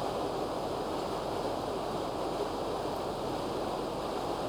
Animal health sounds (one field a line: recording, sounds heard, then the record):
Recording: poultry house recording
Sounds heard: no chicken sound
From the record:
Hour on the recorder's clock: 8